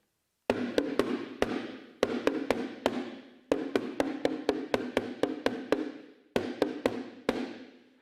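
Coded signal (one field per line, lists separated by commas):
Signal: talking drum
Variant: Yoruba speech surrogate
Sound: quick series of resonant drum strokes in phrase-like groups, some rapid runs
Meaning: We have come; the white-feathered chicken has come, a proverb for elders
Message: awagagba, awagagba, adiye funfun agba, adiye, awagagba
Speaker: if I said a proverb like, awagagba, awagagba, adiye funfun agba, adiye, awagagba. The drum would be able to emulate it, for instance.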